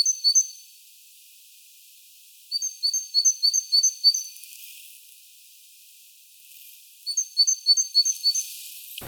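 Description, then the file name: Great tit producing high, evenly spaced chirping notes in short bursts, with quiet stretches between phrases. "Parus major"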